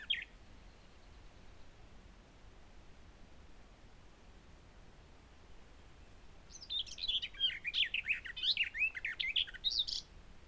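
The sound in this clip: Garden warbler song: a fast, rich warbling phrase of mixed notes starting after a long quiet stretch, with a brief note at the very start.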